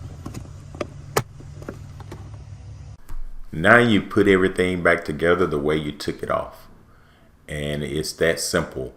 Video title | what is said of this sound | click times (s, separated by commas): How To Replace The Cabin Air Filter In Your Infiniti G37!!! The correct and easy way | and just push it in, and it'll click in place. | 1.2 s